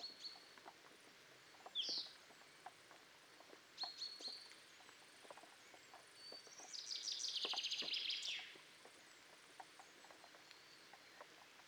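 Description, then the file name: Common chaffinch, faint: a couple of short call notes, then a quick trilled song phrase of about two seconds. Soft clicks throughout. "Fringilla coelebs"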